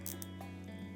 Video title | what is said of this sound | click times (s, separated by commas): Make A Difference: Fleece Balls | put the tail of it through and you should hear it click | 0.1 s, 0.2 s